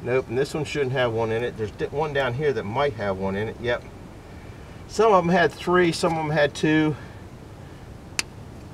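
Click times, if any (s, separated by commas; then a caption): 8.2 s. A man talks for most of the clip while taking apart a Willys Jeep Warn Lock-O-Matic automatic locking wheel hub, then undoes a metal internal retaining part near the inside clutch and set screws. A single sharp metallic click is heard at 8.2 s as the part comes undone and releases.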